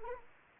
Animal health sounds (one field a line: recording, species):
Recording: mosquito wingbeat signal from an infrared sensor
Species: Anopheles arabiensis